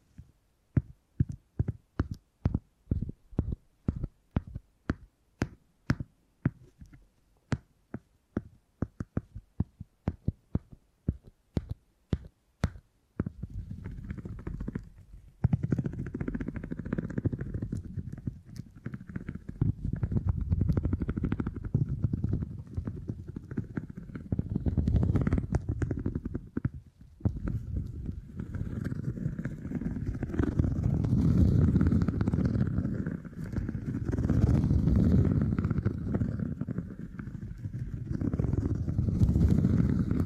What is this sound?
Brain Tingly Sounds Using Beeswax